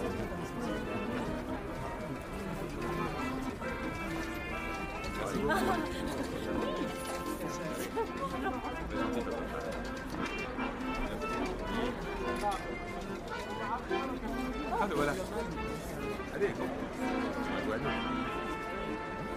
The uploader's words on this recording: Parisian Cafe Ambiance. Atmosphere of a Parisian cafe on a late night drinking a warm cup of coffee people talking.